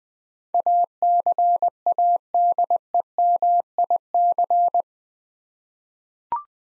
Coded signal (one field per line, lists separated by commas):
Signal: Morse code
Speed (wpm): 20 wpm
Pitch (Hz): 700 Hz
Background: none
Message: ACADEMIC